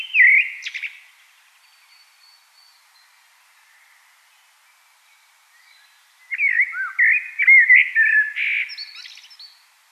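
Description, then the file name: Common blackbird song, the tail of one phrase, a pause, then a full phrase of rich whistles rising into high squeaky twitters. "Turdus merula"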